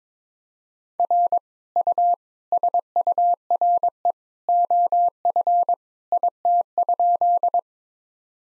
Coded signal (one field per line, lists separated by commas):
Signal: Morse code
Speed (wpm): 22 wpm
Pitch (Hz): 700 Hz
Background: none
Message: R U SURE OF IT?